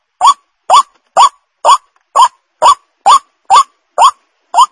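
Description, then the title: White-breasted waterhen giving a series of rasping, upward-sliding notes, roughly two per second, evenly spaced against a silent background. Lure call of the white-breasted waterhen, known locally as ruak-ruak. "Pancingan Suara Ruak Ruak"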